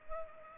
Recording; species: mosquito wingbeat signal from an infrared sensor; Culex pipiens